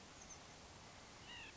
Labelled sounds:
White-breasted Nuthatch
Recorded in Sonoma County, California

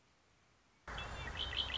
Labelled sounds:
Red-winged Blackbird
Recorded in Sonoma County, California

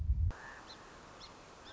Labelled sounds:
Song Sparrow
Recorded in Sonoma County, California

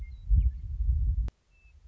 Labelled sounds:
Western Meadowlark
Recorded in Sonoma County, California

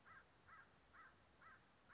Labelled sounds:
American Crow
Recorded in Sonoma County, California

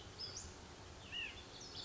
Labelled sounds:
White-breasted Nuthatch
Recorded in Sonoma County, California

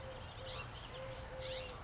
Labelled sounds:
California Scrub-Jay
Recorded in Sonoma County, California

